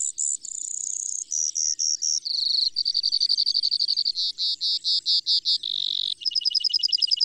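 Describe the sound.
Bird song with rich, changing phrases: a sustained high whistle, clipped repeated notes, then lower rolling trills and a closing rapid warble.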